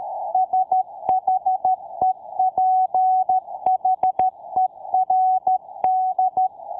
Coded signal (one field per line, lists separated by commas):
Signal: Morse code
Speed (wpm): 13 wpm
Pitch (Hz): 750 Hz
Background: none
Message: SHEPHERD